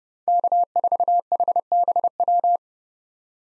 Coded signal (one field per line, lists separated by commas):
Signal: Morse code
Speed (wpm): 30 wpm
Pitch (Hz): 700 Hz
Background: none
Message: K4HBW